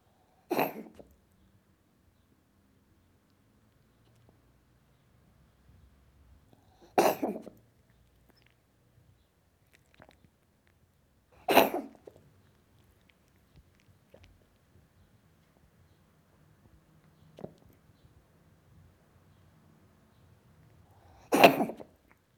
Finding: Cat Coughing.